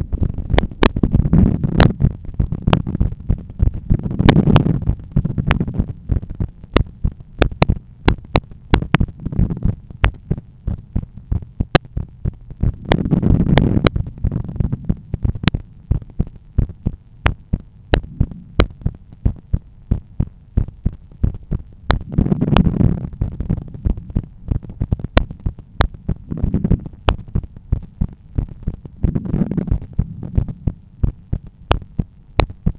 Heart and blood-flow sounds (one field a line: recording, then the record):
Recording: heart sounds by stethoscope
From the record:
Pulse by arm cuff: 91 bpm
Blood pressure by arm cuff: 135/83 mmHg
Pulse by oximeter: 91 bpm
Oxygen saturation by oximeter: 95%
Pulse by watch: 90 bpm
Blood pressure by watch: 137/88 mmHg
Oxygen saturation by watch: 95%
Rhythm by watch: sinus rhythm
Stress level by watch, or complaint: low stress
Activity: during smoking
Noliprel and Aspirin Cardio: after pills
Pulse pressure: 52 mmHg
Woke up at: 7:30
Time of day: 21:25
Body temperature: 36.5 C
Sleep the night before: 8 h 32 min, score 78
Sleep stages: REM 32%, light 50%, deep 12%, awake 6%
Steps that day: 9500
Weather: clear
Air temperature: 20 C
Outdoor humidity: 65%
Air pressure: 1014 hPa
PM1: 22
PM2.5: 30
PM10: 30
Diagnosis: hypertension, treated with Noliprel and Aspirin Cardio 100 mg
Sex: male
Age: 53 years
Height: 174 cm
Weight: 81 kg